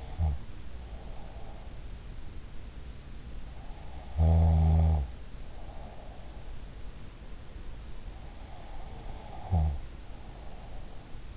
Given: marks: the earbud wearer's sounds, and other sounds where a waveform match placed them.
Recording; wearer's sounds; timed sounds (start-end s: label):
sounds in sleep by an in-ear microphone; snoring breath
0.00-1.84 s: snoring breath
4.01-6.49 s: snoring breath
8.97-11.37 s: snoring breath